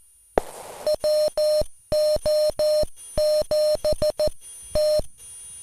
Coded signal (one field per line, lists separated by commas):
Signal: Morse code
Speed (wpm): 14 wpm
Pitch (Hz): 610 Hz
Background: none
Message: WO7T